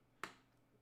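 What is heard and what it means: A plastic Lego piece is pressed home onto a brick build, giving one sharp, bright snap at 0.2 s that fades quickly into a quiet background. The brick seats firmly in place.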